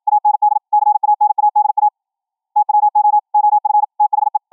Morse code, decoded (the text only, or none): AND CANADA TWO OF THE